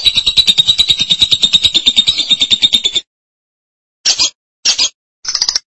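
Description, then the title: Lovebird song: a long, rapid, buzzy high trill for three seconds, then three short chattering bursts after a silence. "BM Suara Burung Lovebird"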